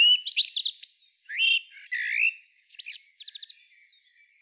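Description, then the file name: Common blackbird song, quick high twitters and rising slurred squeaks in short bursts. "Turdus merula"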